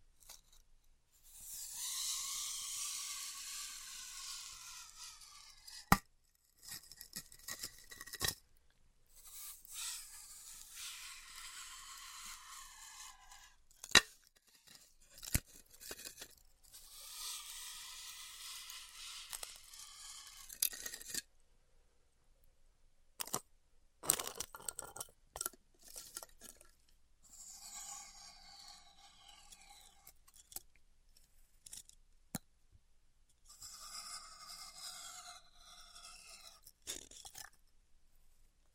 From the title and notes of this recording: ASMR Styrofoam Heat Cutting (No Talking).